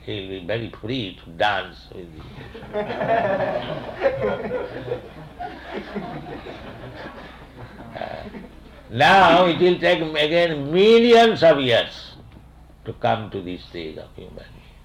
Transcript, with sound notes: He'll be very free to dance with the ocean. [laughter] Now it will take again millions of years to come to the stage of human being.